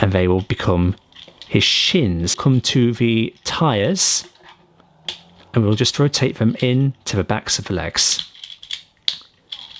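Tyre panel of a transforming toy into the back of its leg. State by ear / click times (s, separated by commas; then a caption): seated / 9.1 s. Someone talks while the tyre panels of a plastic Transformers Gamer Edition WFC Optimus Prime transforming robot toy are rotated into the backs of its legs. A loud, sharp plastic click at 9.1 s marks a panel snapping into place.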